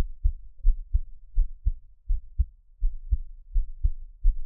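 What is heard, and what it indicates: Deep, soft low thumps come in paired lub-dub beats at a steady pace of about 83 beats a minute. It is a regular adult heartbeat heard up close, with a quiet low hum between beats and no voice.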